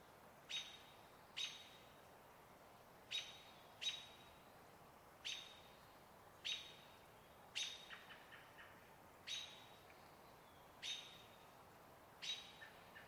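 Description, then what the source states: American Robin calling: about ten sharp, high notes spaced irregularly, a few followed by soft, lower clucks. Evening calls, said to be slightly faster, near a still-water riparian area with cottonwoods in Cascades evergreen forest, Trout Creek Campground, 12 May.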